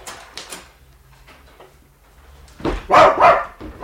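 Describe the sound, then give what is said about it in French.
A dog named Diogène barks in a quick burst of three or four loud, sharp woofs, preceded by a couple of fainter yips and a quiet pause. “Oh, le beau chien, tu en as une bonne figure de brave toutou.”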